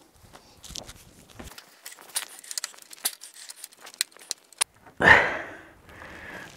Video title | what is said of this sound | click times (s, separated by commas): How To Install An Advanblack Rear Fender Extension Onto A 2021 Street Glide Special. | okay and make sure obviously the little Clips clip in to the the little ridges on the tri bath so she's locked into place | 4.0 s